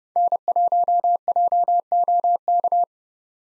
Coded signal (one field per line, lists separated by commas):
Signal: Morse code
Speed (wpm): 30 wpm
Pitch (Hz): 700 Hz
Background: none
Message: N1JOK